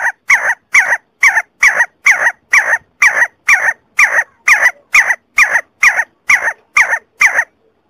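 See-see partridge giving a long series of harsh, ringing notes, evenly spaced about two each second, stopping near the end.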